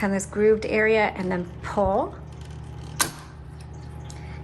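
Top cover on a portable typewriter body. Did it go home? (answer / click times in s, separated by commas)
released / 3.0 s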